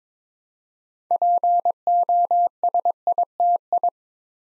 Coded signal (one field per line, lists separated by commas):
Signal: Morse code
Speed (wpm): 22 wpm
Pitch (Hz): 700 Hz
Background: none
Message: POSITI